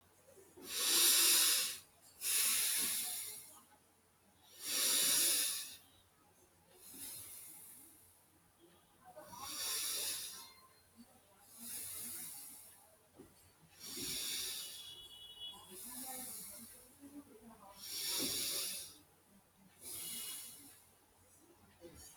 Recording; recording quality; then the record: deep breathing; excellent, no background noise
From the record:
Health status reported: healthy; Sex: male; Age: 27 years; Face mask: not worn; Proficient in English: yes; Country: India